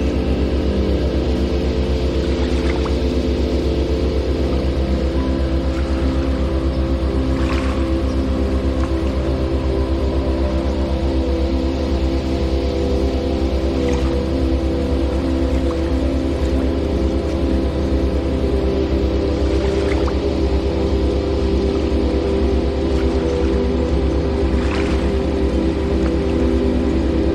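Water in motion churns in a steady, deep rumble that stays at an even loudness throughout, thick and low with a constant rough flutter. Faint, brief splashing ticks rise above it every five or six seconds, near 2, 7, 14, 19 and 25 seconds.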